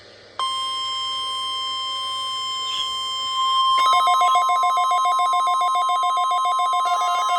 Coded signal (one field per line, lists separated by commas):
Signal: Emergency Alert System (SAME) tones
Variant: 1050 Hz attention tone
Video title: EAS -required weekly ￼ test ￼￼ for northCentral andnortheast Wisconsin